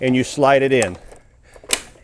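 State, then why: Seated. A battery pack for a WHILL Model Ci2 portable power chair is slid into its slot on the chair frame while someone talks. After quiet sliding and handling noise, a sharp click at 1.7 s marks the pack latching and locking into place.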